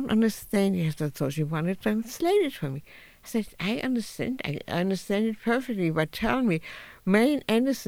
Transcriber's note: none